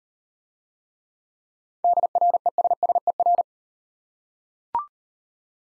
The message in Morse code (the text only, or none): DRESSER